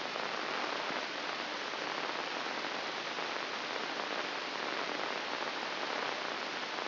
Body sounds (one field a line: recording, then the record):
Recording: brain microelectrode recording played as sound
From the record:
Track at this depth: inside the subthalamic nucleus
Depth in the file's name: 1.407 mm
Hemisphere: right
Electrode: 2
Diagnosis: Parkinson's disease